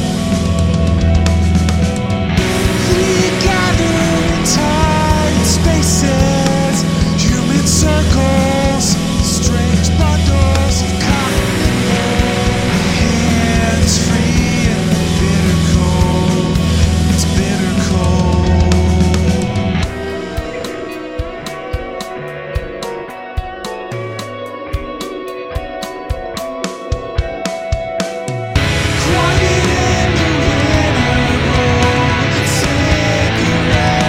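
Layered electronic music with a thick, pulsing low bass under sustained tones and busy bright textures. Around twenty seconds the bass drops out, leaving a thinner, clicking passage, before the full, dense sound returns near twenty-eight seconds and holds to the end.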